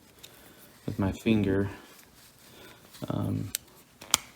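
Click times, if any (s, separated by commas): 4.1 s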